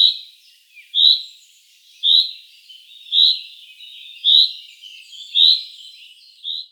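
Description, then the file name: Common chaffinch giving short, high chirping calls about once a second in a steady series, with fainter calls in between and no other clear sounds. "Fringilla coelebs"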